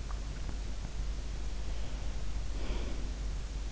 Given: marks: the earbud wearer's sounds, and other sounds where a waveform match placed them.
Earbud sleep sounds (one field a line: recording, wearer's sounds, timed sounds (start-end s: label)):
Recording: sounds in sleep by an in-ear microphone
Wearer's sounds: breath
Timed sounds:
2.58-3.16 s: breath